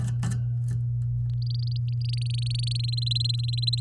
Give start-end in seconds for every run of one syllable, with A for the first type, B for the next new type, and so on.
1.42-2.77 A, 2.79-3.80 B